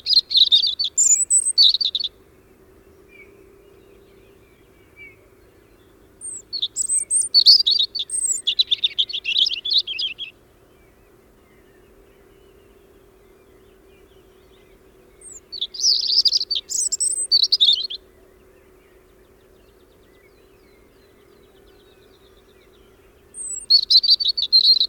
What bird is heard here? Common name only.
European Robin